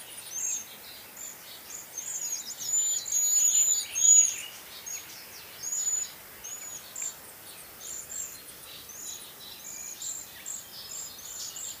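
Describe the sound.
Cedar waxwing calls: thin, high-pitched, sibilant whistles repeated irregularly, with brief chirpy notes among them.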